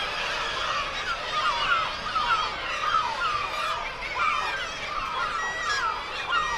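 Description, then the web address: Black-legged kittiwake calls: a dense colony chorus of nasal, wavering rising-and-falling cries, with several birds calling at once and overlapping throughout. "Black legged kittiwake. صدای-پرنده-کاکایی-پاسیاه"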